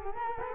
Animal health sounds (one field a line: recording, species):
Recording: mosquito wingbeat signal from an infrared sensor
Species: Culex quinquefasciatus